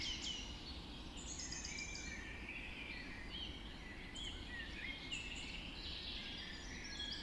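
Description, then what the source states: Birds in a dawn chorus, many overlapping high chirps, trills and short whistles from several singers, over a steady low background rumble. Dawn chorus recorded just after dawn in the Forest of Dean.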